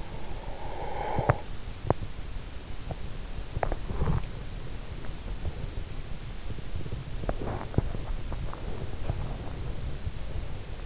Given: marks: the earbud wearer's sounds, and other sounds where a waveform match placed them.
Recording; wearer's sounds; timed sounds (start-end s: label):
sounds in sleep by an in-ear microphone; breath, body movement
0.00-1.62 s: breath
0.00-10.86 s: body movement